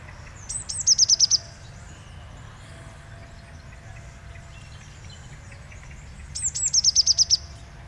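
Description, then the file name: Eurasian blue tit calling: high thin notes followed by a quick run of several sharp notes, given twice about six seconds apart, over quiet background noise. "Cyanistes caeruleus"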